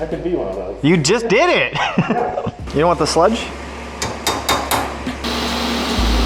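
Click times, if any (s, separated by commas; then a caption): 4.0 s, 4.3 s, 4.5 s, 4.7 s. Someone talks over music as a push-to-connect fluid line fitting, possibly on a coolant hose, is pushed onto its mating line end on an EG33-swapped Subaru WRX STI. A short run of sharp clicks sounds at 4.0, 4.3, 4.5 and 4.7 seconds as the fitting seats fully, followed by a steady hum.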